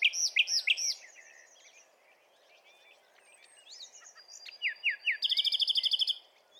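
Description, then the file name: Common nightingale singing loud clipped notes, a quiet stretch of soft whistles and slurs, then a few louder slurred notes leading into a fast, rattling, evenly repeated trill. "Luscinia megarhynchos"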